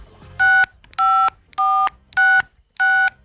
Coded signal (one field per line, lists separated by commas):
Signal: DTMF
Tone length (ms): 310 ms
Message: 65466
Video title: 🔴 LIVE In The Lab with Sigma Prepper - New Secret HAM Radio Product (Survival Gear Design)